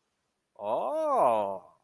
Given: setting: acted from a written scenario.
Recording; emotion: vocal sound without words; interest